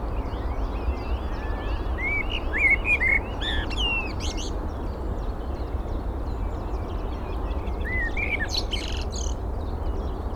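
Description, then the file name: Eurasian blackbird song: a short warbled phrase of mellow fluted notes, then a brief later phrase, with high twittering birds and constant low background rumble. "Turdus merula"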